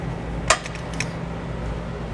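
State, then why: Torque reached. A torque wrench tightening a trailer hitch mounting bolt in the vehicle frame of a 1988 Toyota 4Runner gives a sharp metallic click at 0.5 s, followed by a fainter tick at 1.0 s over a steady low hum. The click shows the 110 ft-lb setting has been reached.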